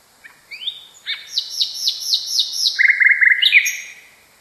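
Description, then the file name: Nightingale song phrase with rising whistles, a fast series of downslurred notes, then a rapid low rattling trill ending in a sharp high note. "kicauan nightingale. omkicau"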